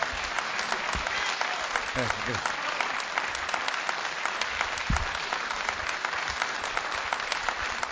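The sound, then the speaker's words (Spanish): A large audience claps steadily for several seconds, a dense, sustained wash of applause for performers Victoria Morán and Rubén Díaz, with a few brief voices and shouts breaking through midway. “Aplauso grande para Victoria Morán, Rubén Díaz.”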